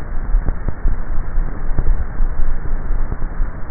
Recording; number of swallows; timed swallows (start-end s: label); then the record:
swallowing sounds by neck microphone; 1
1.85-2.52 s: swallow
From the record:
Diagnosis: dysphagia